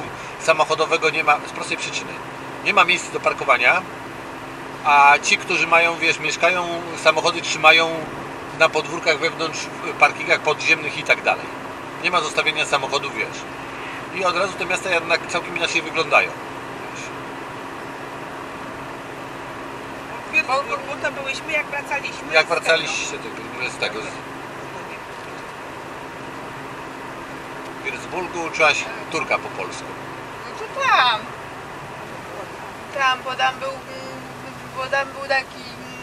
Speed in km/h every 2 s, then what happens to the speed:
88, 88, 88, 89, 90, 90, 90, 90, 90, 90, 89, 89, 88, 88, 89, 85, 77, 68.
0-29 steady at about 89. 29-36 brakes to 68.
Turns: none.